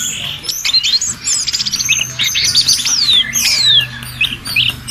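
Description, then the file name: Orange-headed thrush song: a rapid, varied stream of high whistles, slurred notes and short trills, with sweeping downslurs and quick chattering bursts, almost without pause. "anis merah omkicau"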